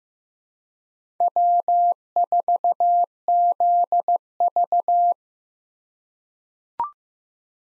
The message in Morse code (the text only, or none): W4ZV